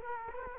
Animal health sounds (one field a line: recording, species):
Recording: mosquito wingbeat signal from an infrared sensor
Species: Culex quinquefasciatus